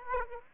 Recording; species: mosquito wingbeat signal from an infrared sensor; Aedes aegypti